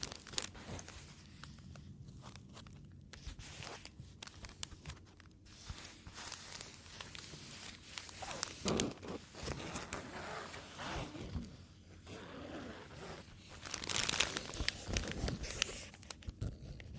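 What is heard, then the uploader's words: Foam is squeezed and rubbed, giving soft crackling and crinkling textures with dense, irregular bursts. The sound stays fairly quiet for the first half, then grows busier and louder around the middle and again near fourteen seconds. Tapping, Foam, Scratching, NO TALKING.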